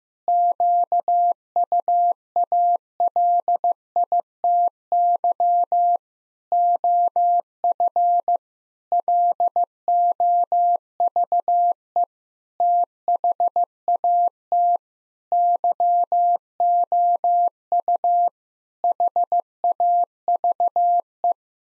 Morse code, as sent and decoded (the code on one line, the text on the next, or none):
--.- ..- .- .-.. .. - -.-- / --- ..-. / .-.. --- ...- . / - .... .- - / -.-- --- ..- / .... .- ...- .
QUALITY OF LOVE THAT YOU HAVE